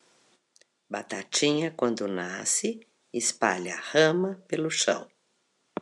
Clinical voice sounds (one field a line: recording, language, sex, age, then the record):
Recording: short text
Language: Brazilian Portuguese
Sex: female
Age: 60 to 69 years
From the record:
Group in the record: control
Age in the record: 67 years